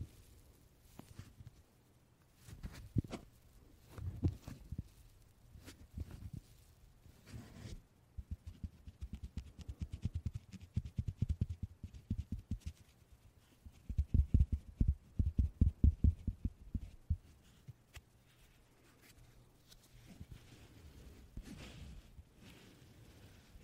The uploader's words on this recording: 말없이 퍼프 소리만, 가득 담아봤어요 puff sound no talking asmr.